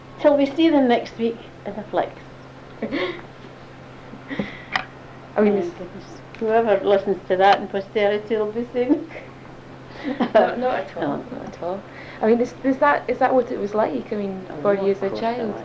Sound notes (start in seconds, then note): 5.7 laughs; 9.9 laughs